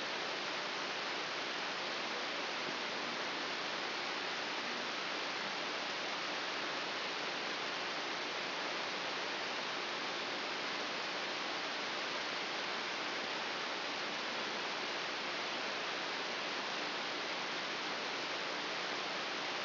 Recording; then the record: brain microelectrode recording played as sound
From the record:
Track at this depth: inside the subthalamic nucleus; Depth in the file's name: 3.801 mm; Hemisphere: right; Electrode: 3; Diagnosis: Parkinson's disease